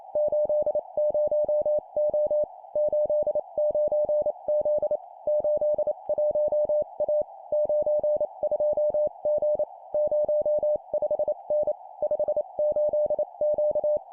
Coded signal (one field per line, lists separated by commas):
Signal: Morse code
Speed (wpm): 28 wpm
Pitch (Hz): 600 Hz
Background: none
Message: 80O 89Z 81A 92G 05N 58Q